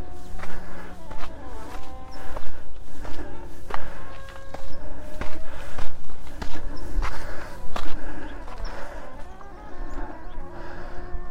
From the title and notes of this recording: A shorter walk this morning. We were serenaded by someone playing their clarinet at one stage.